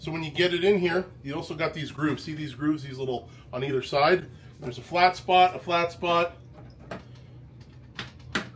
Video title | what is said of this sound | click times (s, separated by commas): CLOUDFORGE T5, Environmental Plant Humidifier, 9L, Smart Controls, Targeted Vaporizing | Boom. Click. Click. You heard it went it kind of bent in. | 8.0 s, 8.4 s